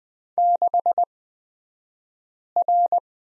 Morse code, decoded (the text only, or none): 6R